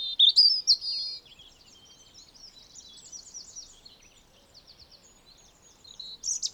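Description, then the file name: European robin singing a loud, high warbled opening, followed by a soft run of quieter twittering notes and another brief high phrase at the end. "Erithacus rubecula"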